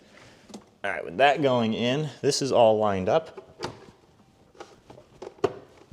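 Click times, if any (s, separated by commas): 5.2 s, 5.4 s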